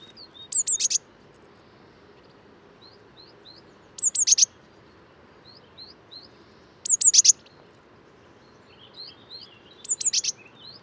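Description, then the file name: Eurasian blue tit calls: bursts of several very high, piercing notes roughly every three seconds, with soft high upslurred notes between them. "Cyanistes caeruleus"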